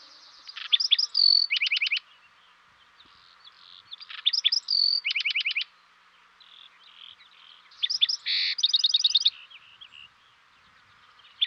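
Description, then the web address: Black-throated sparrow song: three phrases roughly every four seconds, each opening with clear high notes and ending in a rapid, bright trill, with faint soft notes between. Western North America. "Dan Gibson Wildlife Identification By Sound, Western North America. Black-Throated Sparrow"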